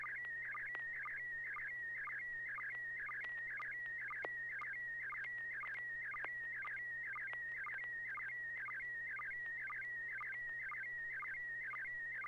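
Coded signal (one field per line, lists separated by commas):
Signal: SSTV (slow-scan television)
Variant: PD120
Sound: continuous warbling tone around 2 kHz with regular short ticking dips, twice a second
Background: low electrical hum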